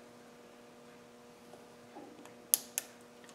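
A steel circlip is pushed onto the end of a drive shaft on a Land Rover Defender, Discovery 1 or Range Rover Classic until it snaps into its groove. Over a steady low hum, a sharp metallic snap at 2.5 s is followed by a second, softer click. The circlip is seated in the groove.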